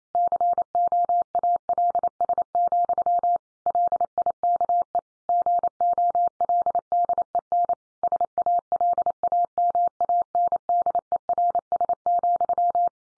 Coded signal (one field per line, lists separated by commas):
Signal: Morse code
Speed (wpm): 28 wpm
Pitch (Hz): 700 Hz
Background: none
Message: COALS, LIKE GOLDEN SALAMANDERS,